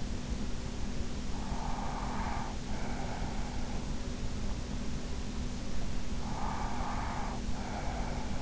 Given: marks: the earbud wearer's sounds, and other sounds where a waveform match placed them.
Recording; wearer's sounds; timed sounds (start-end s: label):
sounds in sleep by an in-ear microphone; breath
1.45-3.62 s: breath
6.25-8.42 s: breath